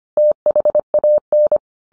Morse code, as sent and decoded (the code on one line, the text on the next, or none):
- .... .- -.
THAN